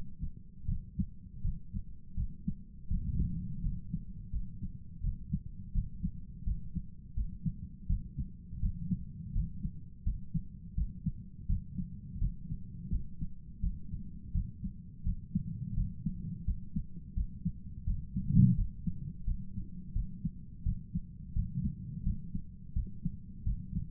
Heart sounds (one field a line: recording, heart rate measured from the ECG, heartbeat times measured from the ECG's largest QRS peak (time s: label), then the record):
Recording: heart sounds by stethoscope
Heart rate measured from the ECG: 84 bpm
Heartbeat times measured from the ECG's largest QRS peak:
0.66 s: heartbeat
1.42 s: heartbeat
2.15 s: heartbeat
2.88 s: heartbeat
3.61 s: heartbeat
4.31 s: heartbeat
5.01 s: heartbeat
5.72 s: heartbeat
6.44 s: heartbeat
7.14 s: heartbeat
7.87 s: heartbeat
8.60 s: heartbeat
9.33 s: heartbeat
10.04 s: heartbeat
10.75 s: heartbeat
11.46 s: heartbeat
12.18 s: heartbeat
12.89 s: heartbeat
13.60 s: heartbeat
14.32 s: heartbeat
15.03 s: heartbeat
15.74 s: heartbeat
16.44 s: heartbeat
17.14 s: heartbeat
17.84 s: heartbeat
18.55 s: heartbeat
19.24 s: heartbeat
19.93 s: heartbeat
20.63 s: heartbeat
21.33 s: heartbeat
22.03 s: heartbeat
22.73 s: heartbeat
23.43 s: heartbeat
From the record:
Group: healthy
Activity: rest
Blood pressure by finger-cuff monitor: 165/89 mmHg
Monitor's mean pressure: 108 mmHg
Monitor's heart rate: 84 bpm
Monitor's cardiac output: 8.3 L/min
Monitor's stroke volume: 100 mL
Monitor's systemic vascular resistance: 950 dyn s/cm5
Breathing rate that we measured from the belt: 20 breaths a minute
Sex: male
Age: 57 years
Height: 188 cm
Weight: 106 kg